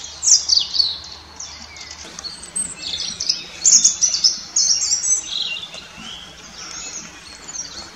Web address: ptaki rudzik rudzik